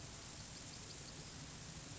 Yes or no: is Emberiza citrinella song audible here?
no